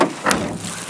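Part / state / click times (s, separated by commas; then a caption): car door latch in the door frame striker / not seated / none. An old, somewhat loose car door in a junkyard is swung shut against the car body, landing with a dull thud and one sharp knock at about 0.3 seconds. The door latch fails to catch the striker in the door frame, so nothing has latched yet.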